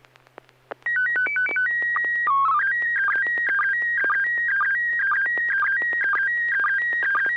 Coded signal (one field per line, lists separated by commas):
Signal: SSTV (slow-scan television)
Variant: PD 120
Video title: N6NA SSTV Net - 06/23/2021